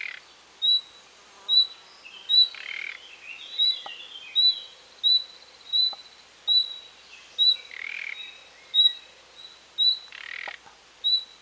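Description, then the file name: Common nightingale uttering repeated piercing whistles, with rasping bursts, brief chatter and occasional faint ticks. "Luscinia megarhynchos"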